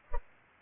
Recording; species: mosquito wingbeat signal from an infrared sensor; Culex pipiens